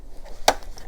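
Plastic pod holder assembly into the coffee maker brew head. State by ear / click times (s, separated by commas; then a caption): seated / 0.5 s. A reassembled plastic pod holder, lined up with its white arrow to the back, is pressed into the brew head of a Keurig coffee maker. It gives a sharp snap at 0.5 s, followed by two faint ticks, and the pod holder is seated in place.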